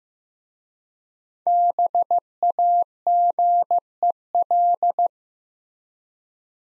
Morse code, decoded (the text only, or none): BAGEL